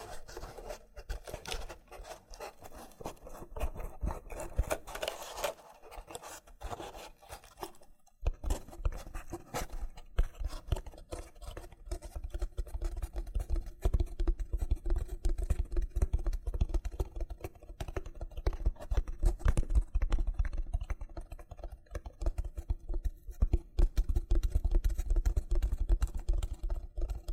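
A loofah being worked with dense, rapid scratching and crackling, like peeling and popping, nearly continuous throughout. A brief pause falls near eight seconds, after which the rasping grows louder and busier, with a steady low hum beneath the crisp textured strokes.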